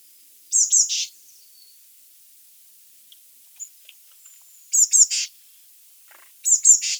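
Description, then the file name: Eurasian blue tit call: two high thin notes and a buzzy churr, repeated three times, with a few faint ticks between phrases. "Cyanistes caeruleus"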